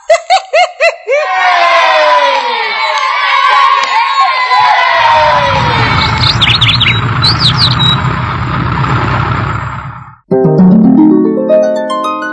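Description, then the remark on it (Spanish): A short produced jingle for a poem segment opens with bouncy descending tones, then a crowd of children cheers and shouts loudly over bird-like chirps, ending in a bright rising musical flourish. “Esta es nuestra cortinilla para el poema y yo lo dije hace rato en lugar de la adivinanza, pero bueno, no importa.”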